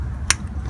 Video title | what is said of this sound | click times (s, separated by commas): 03 JEEP LIBERTY - CAM SHAFT POSITION SENSOR - CRANK SHAFT POSITION SENSOR | There you go, there's the click. | 0.3 s